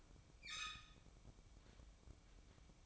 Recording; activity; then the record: daily activity, microphone in the room; open fridge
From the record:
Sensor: 1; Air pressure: 1007.8 hPa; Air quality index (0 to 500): 106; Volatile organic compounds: 1 ppm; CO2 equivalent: 900 ppm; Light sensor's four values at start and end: 12/30/12/14 and 12/30/12/14